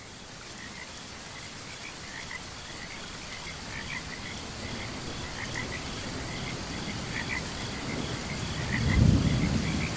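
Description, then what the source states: Frogs calling in a chorus of short repeated chirping notes over steady rain, with a deep thunder rumble swelling near the end. Frogs chirping during a thunderstorm.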